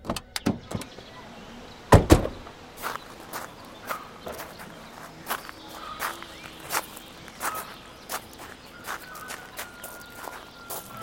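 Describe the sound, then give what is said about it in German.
Footsteps of people walking, a steady series of crisp clicking steps over a faint outdoor background, with one heavier knock or thump near the start and no talking. “Gehen wir ein paar Schritte.”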